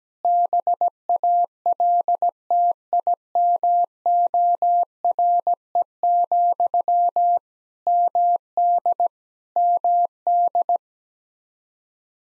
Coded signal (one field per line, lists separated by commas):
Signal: Morse code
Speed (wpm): 17 wpm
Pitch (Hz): 700 Hz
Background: none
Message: BALTIMORE, MD MD